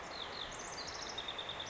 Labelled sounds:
House Wren (Troglodytes aedon)
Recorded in Sonoma County, California

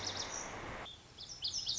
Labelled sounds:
Lazuli Bunting (Passerina amoena)
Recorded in Sonoma County, California

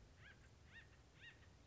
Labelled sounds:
Acorn Woodpecker (Melanerpes formicivorus)
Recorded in Sonoma County, California

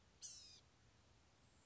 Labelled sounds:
Blue-gray Gnatcatcher (Polioptila caerulea)
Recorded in Sonoma County, California

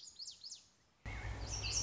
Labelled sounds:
Lazuli Bunting (Passerina amoena)
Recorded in Sonoma County, California

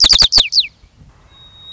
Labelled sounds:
White-crowned Sparrow (Zonotrichia leucophrys)
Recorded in Sonoma County, California

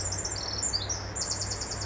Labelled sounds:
Pacific Wren (Troglodytes pacificus)
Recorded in Sonoma County, California

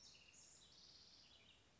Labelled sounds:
House Wren (Troglodytes aedon)
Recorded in Sonoma County, California

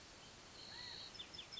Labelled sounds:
California Quail (Callipepla californica)
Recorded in Sonoma County, California

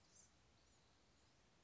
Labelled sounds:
Blue-gray Gnatcatcher (Polioptila caerulea)
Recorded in Sonoma County, California

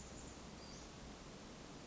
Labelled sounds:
Western Flycatcher (Empidonax difficilis)
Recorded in Sonoma County, California

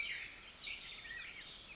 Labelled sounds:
California Towhee (Melozone crissalis)
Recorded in Sonoma County, California

